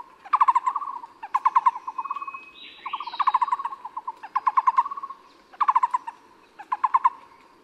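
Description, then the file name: Taiwan barbet song, hollow low pulsed trills of rapid notes repeated in bursts, with a brief higher sound midway. Recorded at Yushan. "五色鳥"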